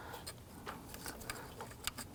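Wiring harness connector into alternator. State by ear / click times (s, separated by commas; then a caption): not seated / none. A plastic wiring harness connector is being lined up with the back of the alternator on a 2009-2017 Volvo XC60 3.2L L6. Faint handling noise with a few brief ticks, the sharpest near 1.3 s and 1.9 s, is heard over low background hum. Nothing has seated or clicked yet.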